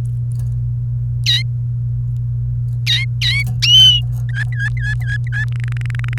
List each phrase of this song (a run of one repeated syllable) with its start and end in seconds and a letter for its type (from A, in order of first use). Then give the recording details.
4.29-5.45 A, 5.52-6.18 B. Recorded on 28 April 2018 at 10:20. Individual llb3